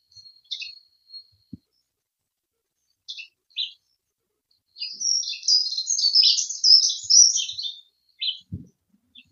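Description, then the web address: Dunnock song: one quick, jingling warble of high squeaky notes lasting about three seconds, with a few short separate chirps before it and soft low thumps. "Heggemus. heggenmus prunella modularis"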